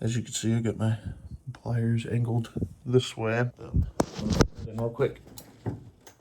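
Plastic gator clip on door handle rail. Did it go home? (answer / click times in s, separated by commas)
no / none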